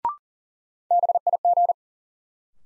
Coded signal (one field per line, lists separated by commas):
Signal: Morse code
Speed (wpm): 40 wpm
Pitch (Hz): 700 Hz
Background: none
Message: BIG